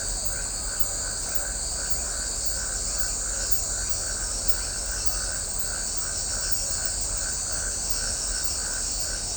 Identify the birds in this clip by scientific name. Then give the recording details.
none. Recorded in shrubland near Pivijay, Magdalena, Colombia, on 5 June 2023 at 20:00. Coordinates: 10.453, -74.365. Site P5-G022